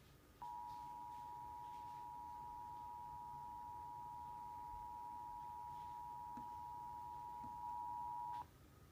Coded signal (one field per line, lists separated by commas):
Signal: Emergency Alert System (SAME) tones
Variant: 853 and 960 Hz attention tone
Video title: EAS Alert #6: Severe Thunderstorm Warning for Boone and Montgomery counties in Indiana.